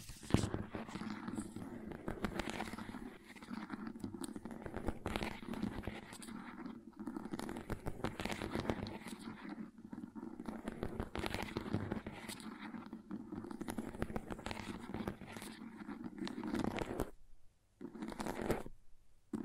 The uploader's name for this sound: Crayons Tapping, Carving, Cutting, Drawing Sounds